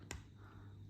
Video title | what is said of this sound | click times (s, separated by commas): New Mercedes S-Class G-Class E-Class Key Fob Battery Replacement | and you should be able to feel it or hear it click | 0.1 s